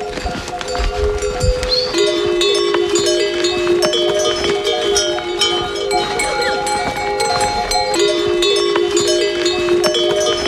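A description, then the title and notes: Animals on a trail with a steady ringing of bells, clip-clopping hooves, and a low shuffle, dense and busy throughout. Tengboche To Dingboche. The sound of yaks, cows and bulls, donkeys and horses on the trail becomes a norm as we share the same path to and from Base Camp.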